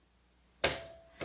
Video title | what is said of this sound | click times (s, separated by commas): Make Custom place cards with Cricut Write out names with pens and pop up designs Xyron sticker maker | You'll hear that audible click, close clamp A, and then you can load your mat in | 0.6 s